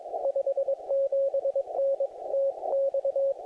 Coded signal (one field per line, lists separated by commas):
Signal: Morse code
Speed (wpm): 21 wpm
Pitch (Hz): 550 Hz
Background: none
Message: 57N TX